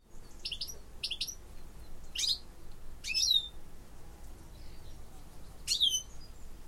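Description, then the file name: European goldfinch calls: short bright notes, some paired, some sharply down-slurred, with quiet gaps between. "Carduelis carduelis"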